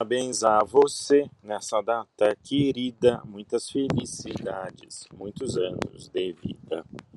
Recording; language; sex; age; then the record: short text; Brazilian Portuguese; male; 50 to 59 years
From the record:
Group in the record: control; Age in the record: 57 years